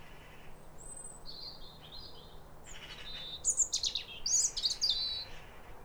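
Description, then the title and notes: European robin singing, quiet high notes at first, then a brighter burst of rapid, twittering and trilled phrases jumping up and down in pitch, over a soft low rumble. Pair of robins in neighbouring gardens singing as a duet at a clear, calm, rosy sunrise around New Year, midwinter, after weeks of rain. "Sound Escape 150: Be uplifted by a chorus of New Year's robins. A pair of robins in neighbouring gardens welcome the early sun with wistful phrases as if chatting over the fence. BBC Countryfile Magazine. Recorded by Fergus Collins"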